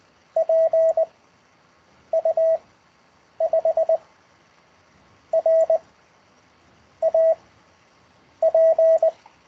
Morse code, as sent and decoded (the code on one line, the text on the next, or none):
.--. / ..- / ..... / .-. / .- / .--.
P U 5 R A P